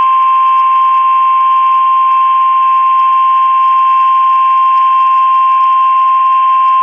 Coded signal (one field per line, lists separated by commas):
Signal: Emergency Alert System (SAME) tones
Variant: 1050 Hz attention tone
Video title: Northeast Winds, Southern Storms. | EAS Alerts from 2/15/25 | EAS#1,662-1,670